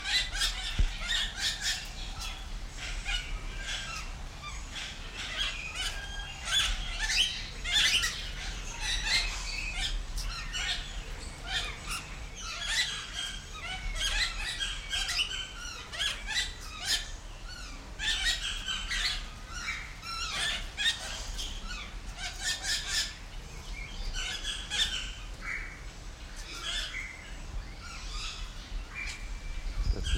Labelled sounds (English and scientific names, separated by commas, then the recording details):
Grosbeak Starling (Scissirostrum dubium) call
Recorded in captivity
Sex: diverse
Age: adult
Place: Zoo Berlin, Berlin, DE
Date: 1992-12-25 10:37
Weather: heiter, -7°C
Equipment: Marantz CP 430, Sennheiser ME 80, Kopie Uher Variocord 263
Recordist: Tembrock, Günter